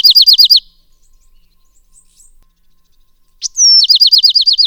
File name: bewicks wren